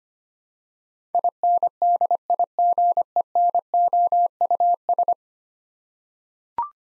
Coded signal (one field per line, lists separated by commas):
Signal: Morse code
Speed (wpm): 25 wpm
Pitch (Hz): 700 Hz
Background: none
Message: INDIGENOUS